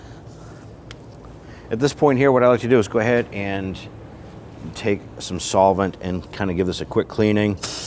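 A plastic electrical connector is pushed onto the power steering pump socket of a 2008-2013 Infiniti G37 until it locks, with a sharp snap at 0.9 s as it clicks into place. Afterward someone talks, and the connector is seated.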